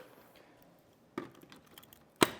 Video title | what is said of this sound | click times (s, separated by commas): Titan T3600 Upright Vacuum | you'll hear two clicks click click | 1.2 s, 2.2 s